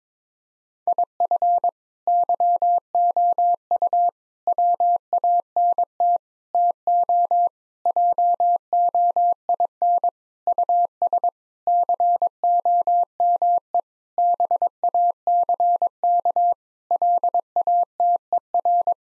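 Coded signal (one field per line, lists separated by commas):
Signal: Morse code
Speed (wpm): 21 wpm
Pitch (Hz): 700 Hz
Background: none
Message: IF YOU WANT TO JOIN US COME BACK LATER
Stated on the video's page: Morse practice at 22 wpm of sentences with common four-word phrases for head-copy, each sent, spoken, then sent again.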